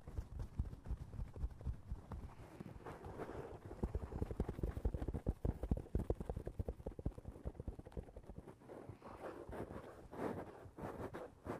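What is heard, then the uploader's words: Tapping on the roof of a foam house, heard as a dense run of soft, dull knocks, some quick and clustered, others spaced out. Hits are low and muffled, with occasional brighter, scratchier touches, and the pace varies throughout. Tapping on the roof of your foam house.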